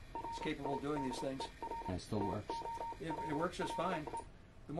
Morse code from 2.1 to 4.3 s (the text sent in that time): TOLLE